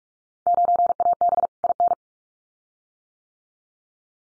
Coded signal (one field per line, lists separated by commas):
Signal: Morse code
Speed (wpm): 46 wpm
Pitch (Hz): 700 Hz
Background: none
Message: 9AB IN